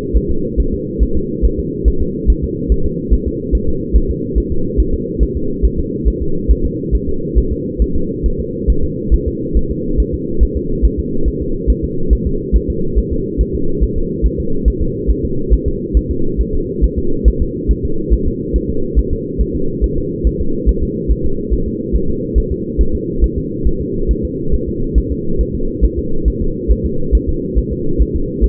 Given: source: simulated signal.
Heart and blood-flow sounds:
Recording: fetal heart sounds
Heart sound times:
0.17 s: S1
0.31 s: S2
0.60 s: S1
0.74 s: S2
1.03 s: S1
1.17 s: S2
1.45 s: S1
1.59 s: S2
1.88 s: S1
2.02 s: S2
2.30 s: S1
2.44 s: S2
2.72 s: S1
2.86 s: S2
3.13 s: S1
3.28 s: S2
3.55 s: S1
3.69 s: S2
3.96 s: S1
4.10 s: S2
4.38 s: S1
4.52 s: S2
4.80 s: S1
4.94 s: S2
5.23 s: S1
5.37 s: S2
5.65 s: S1
5.79 s: S2
6.08 s: S1
6.22 s: S2
6.51 s: S1
6.66 s: S2
6.95 s: S1
7.09 s: S2
7.38 s: S1
7.52 s: S2
7.82 s: S1
7.96 s: S2
8.26 s: S1
8.40 s: S2
8.70 s: S1
8.84 s: S2
9.14 s: S1
9.28 s: S2
9.57 s: S1
9.71 s: S2
10.00 s: S1
10.14 s: S2
10.43 s: S1
10.57 s: S2
10.85 s: S1
11.00 s: S2
11.28 s: S1
11.42 s: S2
11.70 s: S1
11.84 s: S2
12.13 s: S1
12.27 s: S2
12.56 s: S1
12.70 s: S2
12.98 s: S1
13.13 s: S2
13.41 s: S1
13.55 s: S2
13.83 s: S1
13.97 s: S2
14.26 s: S1
14.40 s: S2
14.68 s: S1
14.82 s: S2
15.10 s: S1
15.25 s: S2
15.53 s: S1
15.68 s: S2
15.97 s: S1
16.11 s: S2
16.41 s: S1
16.55 s: S2
16.84 s: S1
16.98 s: S2
17.28 s: S1
17.42 s: S2
17.71 s: S1
17.85 s: S2
18.13 s: S1
18.28 s: S2
18.56 s: S1
18.70 s: S2
18.99 s: S1
19.13 s: S2
19.41 s: S1
19.56 s: S2
19.84 s: S1
19.98 s: S2
20.27 s: S1
20.41 s: S2
20.69 s: S1
20.83 s: S2
21.12 s: S1
21.26 s: S2
21.53 s: S1
21.68 s: S2
21.96 s: S1
22.10 s: S2
22.38 s: S1
22.52 s: S2
22.81 s: S1
22.95 s: S2
23.24 s: S1
23.38 s: S2
23.67 s: S1
23.81 s: S2
24.11 s: S1
24.25 s: S2
24.54 s: S1
24.69 s: S2
24.98 s: S1
25.12 s: S2
25.41 s: S1
25.55 s: S2
25.84 s: S1
25.99 s: S2
26.28 s: S1
26.42 s: S2
26.72 s: S1
26.86 s: S2
27.15 s: S1
27.29 s: S2
27.58 s: S1
27.72 s: S2
28.02 s: S1
28.16 s: S2
28.44 s: S1
From the record:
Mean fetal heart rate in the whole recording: 140 bpm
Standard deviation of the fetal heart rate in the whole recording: 2 bpm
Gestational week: 34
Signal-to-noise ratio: -8.1 dB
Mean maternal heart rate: 72 bpm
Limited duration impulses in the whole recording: absent

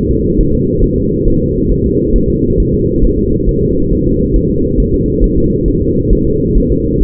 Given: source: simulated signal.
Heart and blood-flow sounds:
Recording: fetal heart sounds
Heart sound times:
0.11 s: S2
0.41 s: S1
0.55 s: S2
0.84 s: S1
0.98 s: S2
1.28 s: S1
1.42 s: S2
1.72 s: S1
1.86 s: S2
2.16 s: S1
2.30 s: S2
2.60 s: S1
2.74 s: S2
3.05 s: S1
3.19 s: S2
3.49 s: S1
3.63 s: S2
3.93 s: S1
4.07 s: S2
4.36 s: S1
4.50 s: S2
4.80 s: S1
4.94 s: S2
5.24 s: S1
5.38 s: S2
5.68 s: S1
5.82 s: S2
6.13 s: S1
6.27 s: S2
6.57 s: S1
6.72 s: S2
7.03 s: S1
From the record:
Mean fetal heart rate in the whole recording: 135 bpm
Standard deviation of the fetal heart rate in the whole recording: 3 bpm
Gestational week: 36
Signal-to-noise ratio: -15.3 dB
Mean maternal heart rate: 72 bpm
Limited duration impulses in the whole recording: present

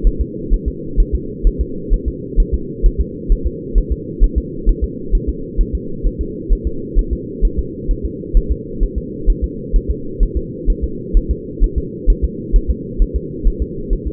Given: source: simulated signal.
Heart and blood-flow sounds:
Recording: fetal heart sounds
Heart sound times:
0.07 s: S1
0.21 s: S2
0.54 s: S1
0.68 s: S2
1.00 s: S1
1.15 s: S2
1.47 s: S1
1.61 s: S2
1.94 s: S1
2.08 s: S2
2.40 s: S1
2.54 s: S2
2.86 s: S1
3.01 s: S2
3.32 s: S1
3.47 s: S2
3.78 s: S1
3.92 s: S2
4.24 s: S1
4.38 s: S2
4.69 s: S1
4.84 s: S2
5.15 s: S1
5.29 s: S2
5.61 s: S1
5.75 s: S2
6.06 s: S1
6.21 s: S2
6.52 s: S1
6.67 s: S2
6.99 s: S1
7.13 s: S2
7.45 s: S1
7.59 s: S2
7.91 s: S1
8.05 s: S2
8.37 s: S1
8.52 s: S2
8.83 s: S1
8.98 s: S2
9.30 s: S1
9.44 s: S2
9.76 s: S1
9.90 s: S2
10.23 s: S1
10.37 s: S2
10.70 s: S1
10.84 s: S2
11.17 s: S1
11.31 s: S2
11.64 s: S1
11.78 s: S2
12.10 s: S1
12.24 s: S2
12.56 s: S1
12.70 s: S2
13.02 s: S1
13.16 s: S2
13.47 s: S1
13.62 s: S2
13.93 s: S1
14.07 s: S2
From the record:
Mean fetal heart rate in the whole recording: 130 bpm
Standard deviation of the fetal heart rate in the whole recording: 2 bpm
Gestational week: 38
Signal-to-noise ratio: -4.3 dB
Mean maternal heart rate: 72 bpm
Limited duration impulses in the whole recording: absent

